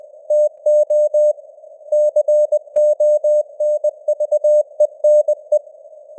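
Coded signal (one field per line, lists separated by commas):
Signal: Morse code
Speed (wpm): 20 wpm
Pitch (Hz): 600 Hz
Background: none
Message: TO CONVENE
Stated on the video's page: Morse news headlines at 20 wpm with simulated radio noise and varying signal strength (QSB).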